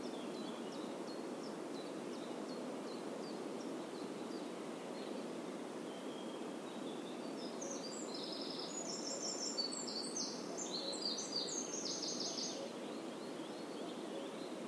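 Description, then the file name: Eurasian wren song: faint high chips at first, then a burst of shrill trills midway, heard against a steady hiss of background noise. "Troglodytes troglodytes"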